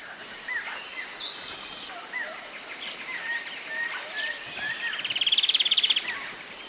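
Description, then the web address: Rufous-tailed Xenops calling: scattered thin chirps, then a fast rattling trill late, over a constant shrill insect hum. A pair calling. "S America Eastern Lowlands. Xenops milleri, calls pair"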